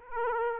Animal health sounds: mosquito wingbeat signal from an infrared sensor; Aedes aegypti

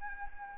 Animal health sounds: mosquito wingbeat signal from an infrared sensor; Anopheles arabiensis

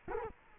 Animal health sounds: mosquito wingbeat signal from an infrared sensor; Culex quinquefasciatus

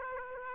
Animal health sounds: mosquito wingbeat signal from an infrared sensor; Aedes aegypti

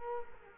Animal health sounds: mosquito wingbeat signal from an infrared sensor; Culex quinquefasciatus

